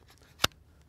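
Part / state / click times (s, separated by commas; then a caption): magazine into pistol magazine well / seated / 0.4 s. A quad-stack .22LR magazine is inserted into the grip magazine well of a Kel-Tec CP33 pistol. One sharp, loud click at 0.4 s marks the magazine latching, with only faint small taps around it. The magazine seats and locks firmly enough that it stays in even when the release button is pressed and the gun is shaken.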